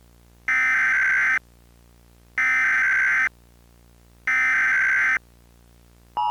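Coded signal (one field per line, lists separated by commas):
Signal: Emergency Alert System (SAME) tones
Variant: header bursts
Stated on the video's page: Mock alert, a fan-made recreation rather than a real broadcast.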